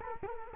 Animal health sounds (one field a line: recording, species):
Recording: mosquito wingbeat signal from an infrared sensor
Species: Culex quinquefasciatus